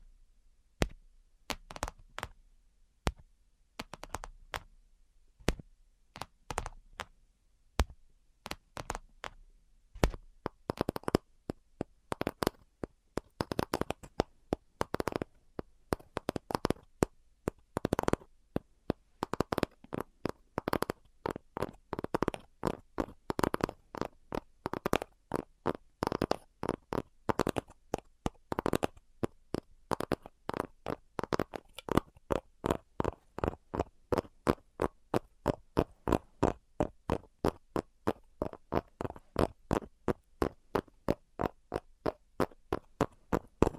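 Tapping sounds, a long run of short sharp taps with no talking. The taps come sparse and uneven for the first ten seconds, then grow denser and quicker, clustering into rapid bursts with brief pauses between them. Behind the taps lies near silence.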